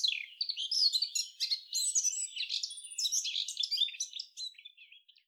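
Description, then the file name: Eurasian blackcap song, a continuous run of fast, jumbled warbling notes with some clearer whistled tones, fading at the end. "Sylvia atricapilla"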